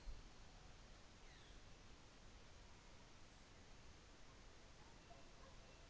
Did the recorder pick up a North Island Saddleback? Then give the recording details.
no. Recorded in New Zealand on 24 December 2018. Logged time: 17:45